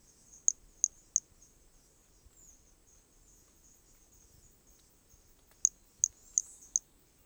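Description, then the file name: Hermogenes' pumpkin toadlet: three sharp, high squeaky notes, a pause of several seconds, then a run of four similar notes. Corcovado; recorded specimen; starting notes lost, recorded without interruption. "MHNCI Brachy hermogenesi Corcovado specimen one two starting notes lost without interruption"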